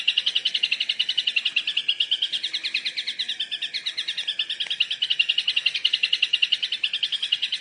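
Yellow-vented bulbul with a continuous, fast rattling chatter of bright notes, wavering slightly in pitch, sustained throughout.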